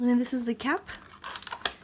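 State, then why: Seated. Someone talks, then a fountain pen cap is fitted onto the pen body, with a few small scraping ticks around 1.4 to 1.5 seconds. The cap snaps closed with a sharp, loud click at 1.7 seconds, and it is seated.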